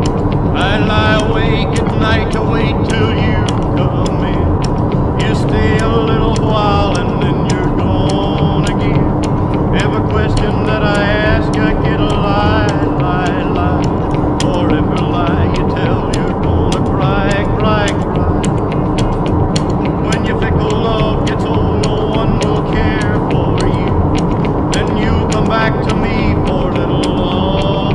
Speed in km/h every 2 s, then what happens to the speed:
75, 74, 74, 77, 77, 77, 78, 78, 78, 76, 77, 77, 81, 80.
0-28 steady at about 77.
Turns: none.